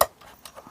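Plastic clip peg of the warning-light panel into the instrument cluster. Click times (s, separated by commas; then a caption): 0.0 s. A plastic clip peg on the nameplate and warning-light panel of a Volvo 740 is pressed back into the car's instrument cluster, giving one sharp click at 0.0 s, followed by fainter ticks around 0.2 s and 0.5 s. The peg is confirmed to have clicked back on properly and is seated.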